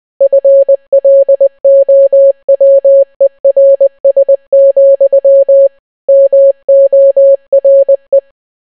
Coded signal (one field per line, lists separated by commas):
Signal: Morse code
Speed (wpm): 20 wpm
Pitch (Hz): 550 Hz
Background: none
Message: FLOWERS, MORE